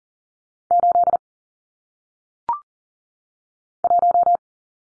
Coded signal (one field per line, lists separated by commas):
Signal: Morse code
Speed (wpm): 39 wpm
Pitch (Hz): 700 Hz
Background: none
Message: 8 1